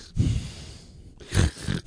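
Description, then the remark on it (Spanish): A voice imitates heavy, loud breathing: two rough, forceful breaths with a raspy, snorting edge, separated by a quieter hissing pause, without any words. “Y en ese momento que entro en la habitación, estaba parado frente a mí, respirando fuerte. Más fuerte. Muy fuerte.”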